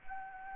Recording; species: mosquito wingbeat signal from an infrared sensor; Anopheles arabiensis